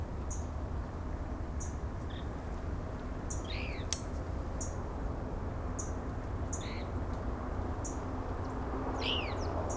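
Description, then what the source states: Couch's kingbird uttering sparse high ticks and three separate slurred, descending chirps spaced a few seconds apart, with a steady low hum behind. Texas.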